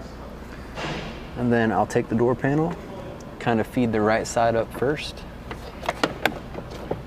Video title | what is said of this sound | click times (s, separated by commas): Window Switch Replacement - Mk1 VW Tiguan (2009 2010 2011 2012 2013 2014 2015 2016 2017 2018) | then you'll kind of feel it snap in place right here. | 6.0 s, 6.3 s